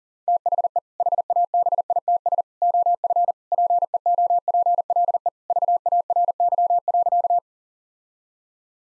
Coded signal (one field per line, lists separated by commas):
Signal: Morse code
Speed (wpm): 37 wpm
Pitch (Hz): 700 Hz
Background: none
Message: THE HABITS OF PEOPLE VARY.